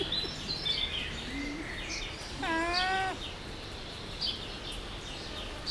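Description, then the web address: Llama call: one harmonic, slightly wavering cry lasting under a second, with chirping birds throughout. At Jászberény Zoo in 2015. "allathangok jaszberenyizoo 2015. lama"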